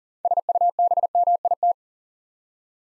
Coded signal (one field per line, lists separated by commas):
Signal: Morse code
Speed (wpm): 40 wpm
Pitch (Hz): 700 Hz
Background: none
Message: SUBMIT